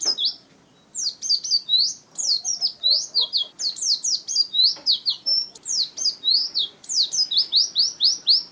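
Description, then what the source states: Nightingale song: quick runs of high, sharply falling whistled notes, loosely grouped into bursts with brief pauses between phrases. Masteran recording, meant for training caged songbirds to sing.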